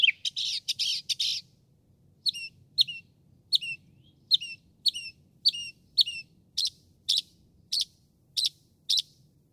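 Northern mockingbird song, beginning with a rapid burst of harsh notes, then steady repeated sharp chips roughly twice per second, switching to a different note type near the end.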